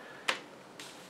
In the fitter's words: il ya un petit ressort aux forces légèrement on entend le petit clic et